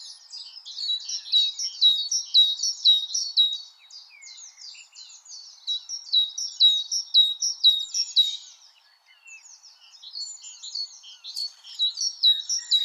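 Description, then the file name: Great tit song: ringing two-note phrases repeated about twice a second in long runs, with quieter stretches between runs. "Parus major"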